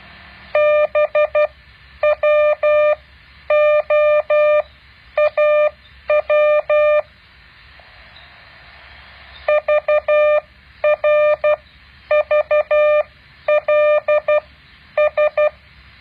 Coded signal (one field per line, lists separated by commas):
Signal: Morse code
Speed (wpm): 12 wpm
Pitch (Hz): 600 Hz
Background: none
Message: BWOAW VRVLS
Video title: แบบฝึกหัด Morse code 9.8